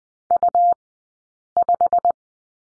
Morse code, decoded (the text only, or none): U5